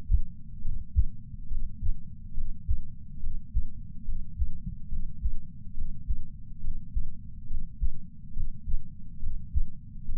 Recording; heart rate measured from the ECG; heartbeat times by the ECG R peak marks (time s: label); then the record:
heart sounds by patch sensor on the chest; 70 bpm
0.62 s: heartbeat
1.48 s: heartbeat
2.34 s: heartbeat
3.20 s: heartbeat
4.05 s: heartbeat
4.89 s: heartbeat
5.74 s: heartbeat
6.61 s: heartbeat
7.47 s: heartbeat
8.33 s: heartbeat
9.20 s: heartbeat
10.05 s: heartbeat
From the record:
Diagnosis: coronary artery disease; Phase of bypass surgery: intraoperative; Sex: male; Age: 69 years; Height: 165 cm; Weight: 60 kg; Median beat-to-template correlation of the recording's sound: 0.76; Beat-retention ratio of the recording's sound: 0.99